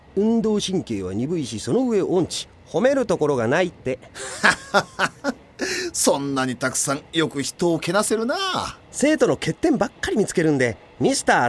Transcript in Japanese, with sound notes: 運動神経は鈍いし、その上音痴。褒めるところがない」って。 （笑って）
そんなにたくさん、よく人をけなせるなぁ。
生徒の欠点ばっかり見つけるので、「Ｍr.